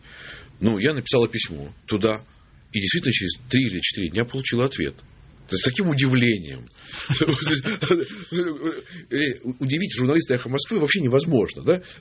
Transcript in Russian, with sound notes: - «Ну, я написала письмо туда и, действительно, через 3 или 4 дня получила ответ». Это с таким удивлением. (все смеются) Вернее, удивить журналиста «Эха Москвы» вообще невозможно, да?